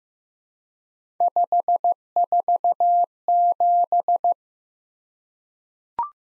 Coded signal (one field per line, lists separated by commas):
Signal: Morse code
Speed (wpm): 15 wpm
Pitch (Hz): 700 Hz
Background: none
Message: 547